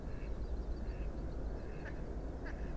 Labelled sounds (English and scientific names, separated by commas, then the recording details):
Mallard (Anas platyrhynchos)
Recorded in Germany
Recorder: ecoPi